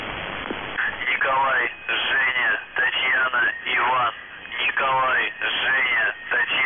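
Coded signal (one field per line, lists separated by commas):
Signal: numbers station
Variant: UVB-76 voice message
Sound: a male voice reading words over shortwave radio, short pauses between phrases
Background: radio static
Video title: [UVB-76, The Buzzer] Voice Message; 16. April 2021, 08:07 UTC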